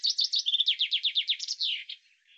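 Bird song caught partway through: rapid high notes, a flat tone, a string of descending strokes and a final flourish, then soft quiet notes.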